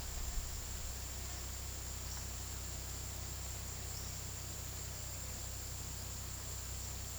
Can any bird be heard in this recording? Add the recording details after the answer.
no. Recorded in pastures near Puerto Asís, Putumayo, Colombia, on 20 February 2024 at 15:30. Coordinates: 0.486, -76.323. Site G6462